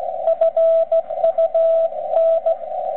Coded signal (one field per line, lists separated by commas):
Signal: Morse code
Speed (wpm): 16 wpm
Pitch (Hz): 660 Hz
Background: radio noise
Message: FUN